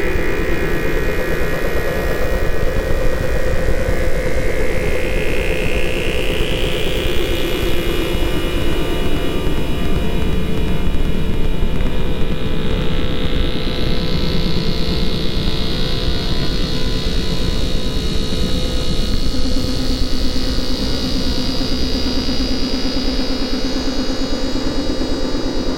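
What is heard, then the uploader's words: Analogue synth noise, a steady dense roar with low droning tones underneath and a bright whistling band that slowly sweeps upward and drifts. Some AE_modular Analogue Noise. 5 layers of AE_modular, just exploring some sounds. AE_mod only, plus some VST FX.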